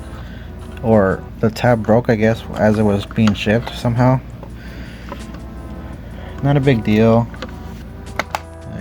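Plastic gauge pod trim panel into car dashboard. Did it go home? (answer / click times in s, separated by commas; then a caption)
yes / 8.2 s, 8.4 s. Someone talks while an aftermarket plastic gauge pod trim panel is fitted to the dashboard of a Mazdaspeed 3 second-generation car. The panel is pressed in and its plastic clips snap into place with two sharp clicks at 8.2 and 8.35 seconds, leaving the trim seated in the dash.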